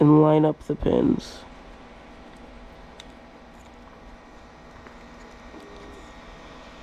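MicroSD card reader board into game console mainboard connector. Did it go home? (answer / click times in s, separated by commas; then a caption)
no / none. Someone talks briefly while lining up the pins of a microSD card reader board and pressing it into the game console's mainboard connector. After that there is only quiet background hiss with faint ticks near 3.0 s and 4.9 s. The board will not clip in, and nothing has seated or clicked yet.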